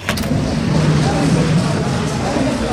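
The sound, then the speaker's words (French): Steady, dense applause from a crowd greeting the arrival of General de Gaulle as he enters under the colonnades of the Palais Royal in Paris, a continuous crackling patter at an even level throughout, with a low hum running underneath. “Les applaudissements que vous entendez viennent de saluer l'arrivée du général de Gaulle qui pénètre sous les colonnades du Palais Royal.”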